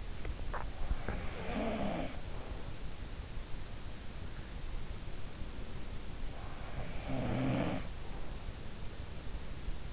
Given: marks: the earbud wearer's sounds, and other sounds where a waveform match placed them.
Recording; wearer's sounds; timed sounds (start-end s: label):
sounds in sleep by an in-ear microphone; swallowing
0.00-1.10 s: swallowing
1.22-2.98 s: sound from someone else or the room
6.13-8.57 s: sound from someone else or the room